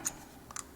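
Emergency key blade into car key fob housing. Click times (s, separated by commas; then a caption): 0.1 s. After the battery is replaced, the metal emergency key blade is pushed back into the plastic housing of a Mercedes GLK350 key fob. A sharp click at 0.1 s marks the blade seating, followed by two fainter ticks around 0.5 s and 0.6 s. The blade is confirmed seated in the fob.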